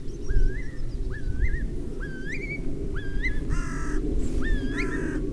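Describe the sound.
Curlew giving a series of rising, slurred whistles about once a second, with two harsher calls and steady low rumbling noise underneath.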